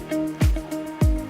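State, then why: Seated. A room door fitted with a card-operated electronic lock is closed, and its latch catches in the strike with sharp knocks at 0.4 s and 1.0 s. The lock engages automatically, with music playing underneath throughout.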